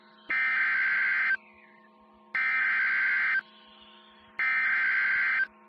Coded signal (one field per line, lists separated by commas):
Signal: Emergency Alert System (SAME) tones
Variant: header bursts